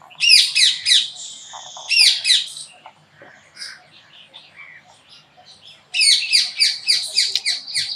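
Hummingbird chattering calls, bursts of high squeaky, rapidly repeated notes in three spells, with softer scattered chips in the quieter gap between them.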